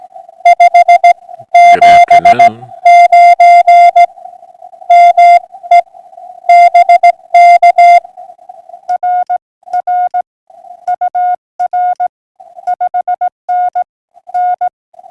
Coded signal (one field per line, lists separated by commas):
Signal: Morse code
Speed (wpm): 16 wpm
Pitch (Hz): 690 Hz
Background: music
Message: 579 ME BK RR UR 5NN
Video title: Saturday Morning Pota Hunt 4-11-2026